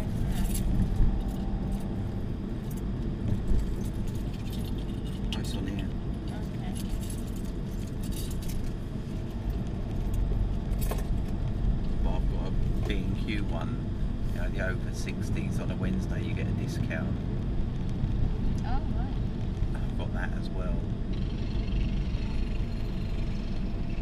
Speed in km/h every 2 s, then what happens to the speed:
40, 42, 40, 37, 35, 40, 39, 40, 40, 39, 39, 39.
0-24 steady at about 39.